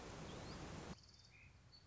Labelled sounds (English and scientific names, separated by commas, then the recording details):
Song Sparrow (Melospiza melodia)
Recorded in Sonoma County, California